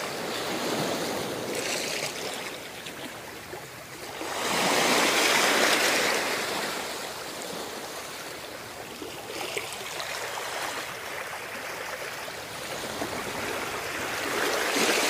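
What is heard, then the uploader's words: Ocean waves wash against rocks on an island shore, a continuous hiss and churn of water. A larger wave surges in around four to six seconds, louder and brighter, then recedes into steady fizzing foam, with smaller swells rising near ten and fifteen seconds. Relaxing sound of ocean waves crashing against rocks on the shore of an island - Revolve Natural.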